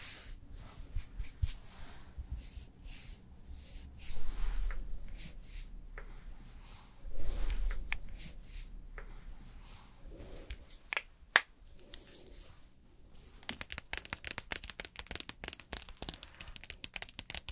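Someone doing makeup and hair gives soft brushing and rubbing sounds, two louder swishes near 4 and 7 seconds, then quick crisp taps.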